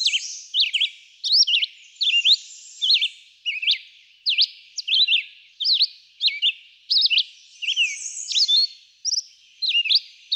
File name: Red-eyed Vireo